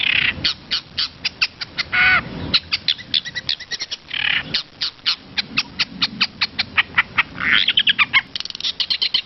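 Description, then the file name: Long-tailed shrike song, fast chattering chips broken by rough, harsh bursts and scattered whistled notes. Song filled with varied imitated phrases (isian variasi). "suara cendet isian variasi"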